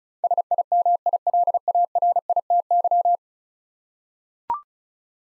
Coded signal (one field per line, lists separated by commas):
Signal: Morse code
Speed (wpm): 34 wpm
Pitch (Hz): 700 Hz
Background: none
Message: SIMILARITY